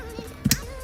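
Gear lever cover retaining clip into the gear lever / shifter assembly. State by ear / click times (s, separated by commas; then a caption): seated / 0.5 s. A plastic retaining clip on an automatic gear lever cover is pushed straight up into place in the gear lever/shifter assembly. A dull low thump at 0.45 s is followed by a sharp click at 0.5 s, and the clip snaps home and is seated.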